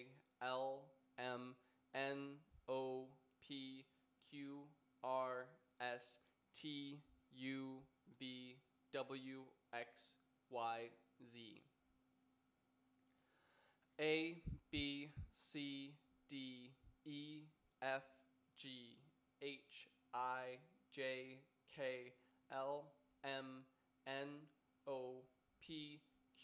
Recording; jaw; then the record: letters of the alphabet, spoken; free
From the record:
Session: first day, before the bite bar